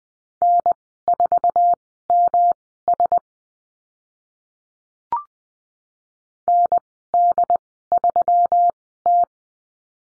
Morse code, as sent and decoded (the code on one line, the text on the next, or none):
-. ....- -- ... / -. -.. ...-- -
N4MS ND3T